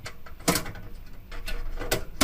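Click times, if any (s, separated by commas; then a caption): 0.5 s, 1.9 s, 2.2 s. A motherboard I/O shield plate, which may be plastic or metal, is pressed into the PC case's rear I/O cutout by pushing on each corner and along the edges, with faint taps along the way. Sharp snaps sound at 0.5, 1.9 and 2.2 seconds as the plate seats in the opening.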